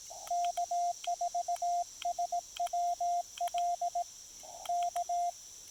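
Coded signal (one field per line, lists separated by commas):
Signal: Morse code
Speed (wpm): 17 wpm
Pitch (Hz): 690 Hz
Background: radio noise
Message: K4SWL K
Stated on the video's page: QRP CW during a POTA park activation including DX contacts, sent on a Discovery TX-500 into an MFJ-1984LP end-fed half-wave antenna.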